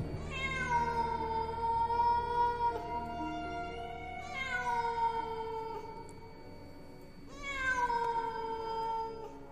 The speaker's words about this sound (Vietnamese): Vô tình có con mèo đi qua chỗ máu ấy, hồn của hắn nhân cơ hội nhập vào con mèo rồi biến mất không rõ. Chỉ còn để lại ở trên đất máu văng vẳng có tiếng mèo kêu rồi biến mất trong màn đêm.